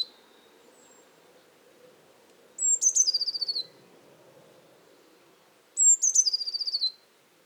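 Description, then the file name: Eurasian blue tit singing twice, each phrase a high thin whistle dropping into a fast descending trill, about three seconds apart, with a faint low hum underneath. "Cyanistes caeruleus"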